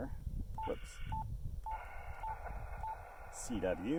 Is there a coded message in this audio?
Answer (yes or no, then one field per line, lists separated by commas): no